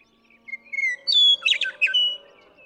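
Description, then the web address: Western meadowlark singing one phrase: soft slurred whistles building into a loud, gurgling cascade of tumbling high notes, fading out at the end. "birdsongforthecurious songs Western Meadowlark"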